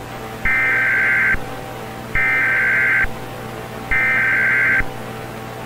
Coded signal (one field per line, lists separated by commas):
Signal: Emergency Alert System (SAME) tones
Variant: header bursts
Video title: EAS Scenario | SCP-106 "The Old Man" | Alert Containment Breach